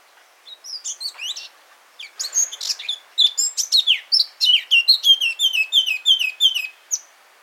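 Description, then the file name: Eurasian blackcap song: scratchy warbling opening that turns into a run of clear, descending whistled notes. "Sylvia atricapilla"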